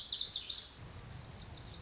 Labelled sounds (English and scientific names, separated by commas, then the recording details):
Lazuli Bunting (Passerina amoena)
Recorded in Sonoma County, California